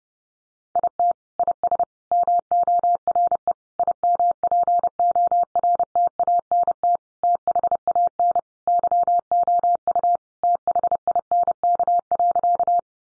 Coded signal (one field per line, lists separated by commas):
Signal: Morse code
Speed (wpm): 30 wpm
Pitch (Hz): 700 Hz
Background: none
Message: IT IS MORE IMPORTANT THAN YOU THINK.